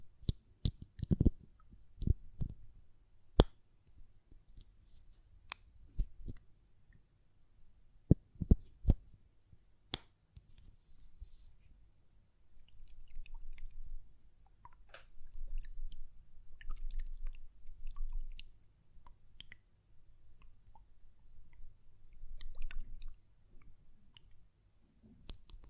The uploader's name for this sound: Glass Perfume Bottle Tapping & Lid Sounds